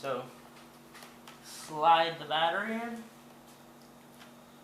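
A laptop battery pack is handled for sliding into its bay on the underside of an Acer Aspire V5-531-4636 laptop while someone talks, with a faint tick near 1.3 s and low background hiss. The clip ends before the battery goes home, so nothing has seated or clicked yet.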